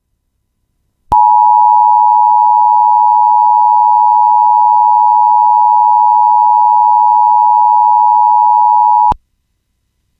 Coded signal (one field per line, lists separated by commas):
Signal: Emergency Alert System (SAME) tones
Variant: 853 and 960 Hz attention tone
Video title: EAS - Shelter in Place Warning Issued in Chelan County, Washington